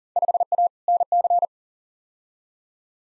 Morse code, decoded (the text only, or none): 5A NC